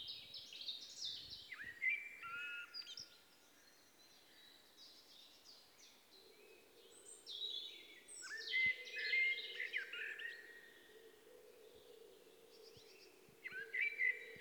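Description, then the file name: Common blackbird song: warbling phrases in three bursts with quieter pauses between, over a faint steady hum. "Turdus merula"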